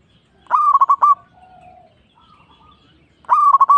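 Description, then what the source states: Zebra dove song, two trilled cooing phrases of quick pulsing notes nearly three seconds apart, with soft lower notes in the gap. Local (lokal) bird.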